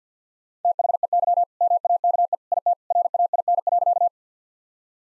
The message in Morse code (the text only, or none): THEY MAKE IT RAIN.